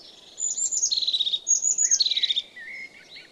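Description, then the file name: Crested tit song: high thin notes running into a quick trill, given twice, then a few lower notes. "Kuifmees"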